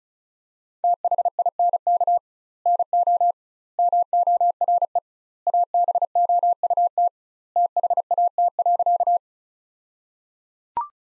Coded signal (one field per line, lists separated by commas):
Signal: Morse code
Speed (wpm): 34 wpm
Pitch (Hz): 700 Hz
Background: none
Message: THINK NO MORE ABOUT THAT.